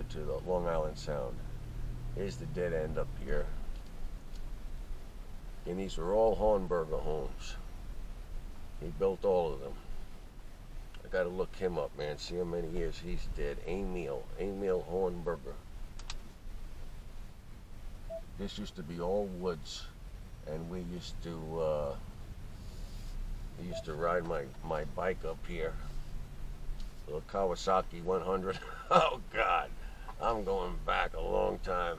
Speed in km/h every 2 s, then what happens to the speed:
31, 34, 32, 31, 27, 24, 21, 18, 16, 11, 8, 11, 19, 23, 23, 23.
0-5 steady at about 32. 5-19 slows to 8. 19-25 speeds up to 23. 25-32 steady at about 23.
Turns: 14-23.